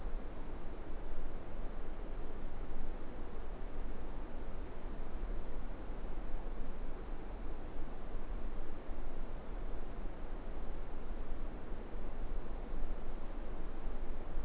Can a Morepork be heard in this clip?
no